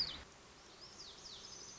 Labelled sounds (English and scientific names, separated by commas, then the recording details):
Lazuli Bunting (Passerina amoena)
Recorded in Sonoma County, California